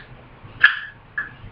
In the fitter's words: and they should just snap right in